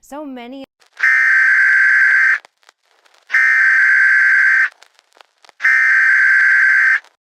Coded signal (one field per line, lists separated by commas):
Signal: Emergency Alert System (SAME) tones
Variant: header bursts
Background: speech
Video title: EAS scenario (the black fog) ￼PART ONE